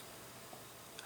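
A LEGO element is pressed into its socket on the Optimus Prime cab and snaps into place, giving a single small click at 0.99 s. Before the click, there is only a quiet, steady background.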